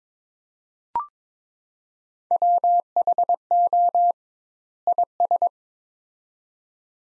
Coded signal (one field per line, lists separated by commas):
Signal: Morse code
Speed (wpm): 22 wpm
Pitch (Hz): 700 Hz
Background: none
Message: WHO IS